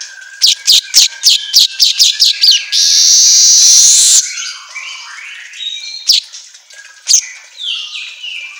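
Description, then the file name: Asian golden weaver giving a row of clipped ticking notes, then one long rasping buzz, followed by quieter scattered chirps. Intended for training songbirds, labelled 'auto gacor'. "Suara Kicau Manyar Kepala Emas Auto Gacor"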